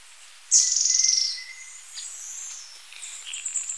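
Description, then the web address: Cinnamon flycatcher: a high, rapidly pulsed trill that starts sharply and trails off within a second, then scattered high chirps. Recorded in Ecuador. "Birds of Ecuador. Cinnamon Flycatcher"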